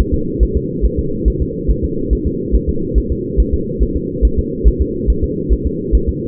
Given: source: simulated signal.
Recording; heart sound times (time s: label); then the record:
fetal heart sounds
0.14 s: S2
0.43 s: S1
0.57 s: S2
0.85 s: S1
0.99 s: S2
1.28 s: S1
1.42 s: S2
1.70 s: S1
1.84 s: S2
2.13 s: S1
2.27 s: S2
2.55 s: S1
2.69 s: S2
2.98 s: S1
3.12 s: S2
3.40 s: S1
3.54 s: S2
3.83 s: S1
3.97 s: S2
4.25 s: S1
4.39 s: S2
4.68 s: S1
4.81 s: S2
5.10 s: S1
5.24 s: S2
5.53 s: S1
5.66 s: S2
5.95 s: S1
6.09 s: S2
From the record:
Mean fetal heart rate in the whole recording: 140 bpm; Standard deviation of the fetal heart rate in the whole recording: 2 bpm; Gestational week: 34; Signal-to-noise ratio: -6.6 dB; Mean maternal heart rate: 72 bpm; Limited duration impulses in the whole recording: present